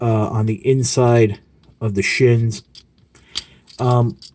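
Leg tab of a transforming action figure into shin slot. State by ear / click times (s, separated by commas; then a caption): not seated / none. Someone talks while handling a transforming action figure, collapsing the knees downward so the plastic leg tabs line up with slots on the inside of the shins. A few faint, quick ticks come through near 3.0, 3.2 and 3.4 seconds between the words. Nothing has seated or snapped in yet when the clip ends.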